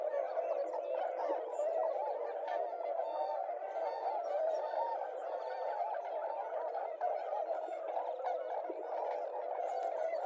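Tundra swans calling nonstop as a flock, a thick chorus of overlapping honking notes.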